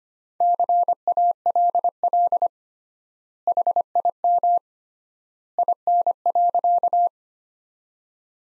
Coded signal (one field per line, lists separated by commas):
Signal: Morse code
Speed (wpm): 25 wpm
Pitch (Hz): 700 Hz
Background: none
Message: CALL HIM IN.